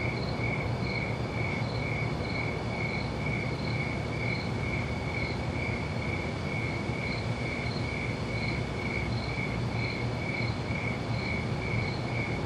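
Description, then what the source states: Crickets chirping steadily, a pulsed high-pitched trill repeating roughly three times per second without pause, over a constant low rumbling background noise. Crickets at night.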